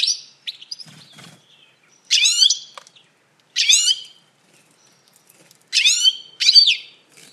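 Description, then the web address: Bird calls: harsh, buzzy notes with stacked descending tones, given in a few short bursts, with fainter notes and clicks at the start. "Deverinetal. Bird Only"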